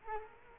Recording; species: mosquito wingbeat signal from an infrared sensor; Culex quinquefasciatus